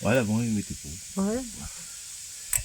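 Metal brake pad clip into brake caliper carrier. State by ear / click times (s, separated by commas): seated / 2.6 s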